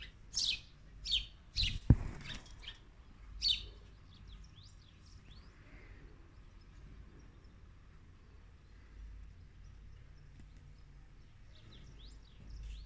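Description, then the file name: Birds giving a few sharp high chirps in the first seconds, then faint scattered calls over a steady low hum. Birds at a window. "Souleh Field Recording - birds at the window"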